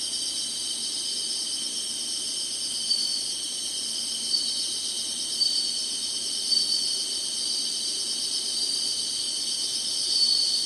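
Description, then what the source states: Insects producing a continuous high shrill chorus with fast pulsing texture, broken by a few brief sharp notes. Summer.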